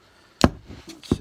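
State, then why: Seated. The brittle gray secondary lock on a plastic wiring-harness connector slips while being pried open and snaps back into its locked position with a sharp click at 0.4 s. A softer knock follows at 1.1 s.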